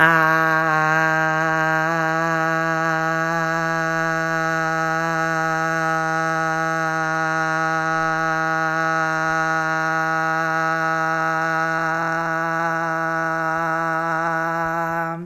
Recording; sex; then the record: sustained vowel /a/; female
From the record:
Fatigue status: no fatigue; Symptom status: asymptomatic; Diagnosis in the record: COVID-19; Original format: m4a